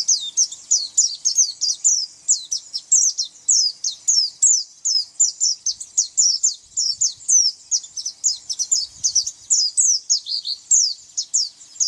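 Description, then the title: White-eye song, a sustained high-pitched chatter of fast thin chirps, steady in rhythm, with one slightly lower slurred phrase near the end. "Pleci"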